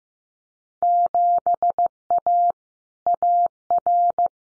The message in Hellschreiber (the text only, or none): none